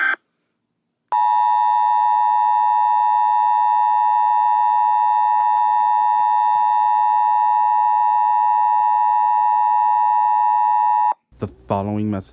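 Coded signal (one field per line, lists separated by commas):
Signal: Emergency Alert System (SAME) tones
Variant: 853 and 960 Hz attention tone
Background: speech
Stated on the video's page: Fictional EAS alert made by the uploader.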